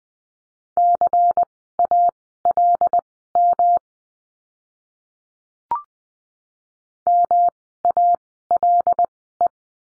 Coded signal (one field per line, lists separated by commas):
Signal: Morse code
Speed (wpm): 20 wpm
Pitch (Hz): 700 Hz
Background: none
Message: CALM MALE